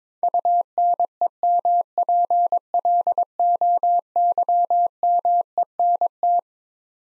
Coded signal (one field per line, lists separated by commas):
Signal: Morse code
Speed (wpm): 21 wpm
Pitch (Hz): 700 Hz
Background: none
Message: UNEMPLOYMENT